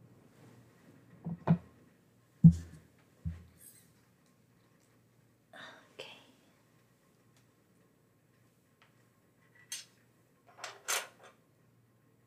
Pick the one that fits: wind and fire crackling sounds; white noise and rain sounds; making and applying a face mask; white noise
making and applying a face mask